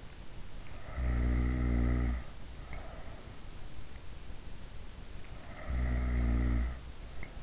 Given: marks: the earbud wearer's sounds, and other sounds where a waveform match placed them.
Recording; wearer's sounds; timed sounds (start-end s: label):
sounds in sleep by an in-ear microphone; snoring breath
0.83-3.33 s: snoring breath
5.36-7.42 s: snoring breath